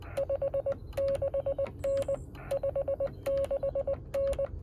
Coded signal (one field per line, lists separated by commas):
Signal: Morse code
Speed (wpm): 20 wpm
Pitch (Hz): 550 Hz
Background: none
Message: 56N 56N